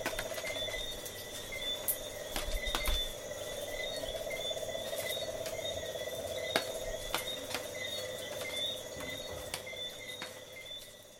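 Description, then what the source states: Tree frog trilling, a continuous throbbing pulsed note, layered with shrill insect drones and sharp ticking clicks throughout. Tree frogs and insects calling on the coast at night.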